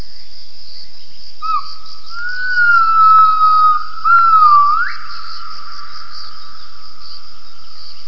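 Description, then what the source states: Gibbon call: a long, pure whistled note wavering gently in pitch, then a shorter one ending in a quick upward sweep, over a steady high-pitched hiss. Gibbon vocalisations recorded for triangulation.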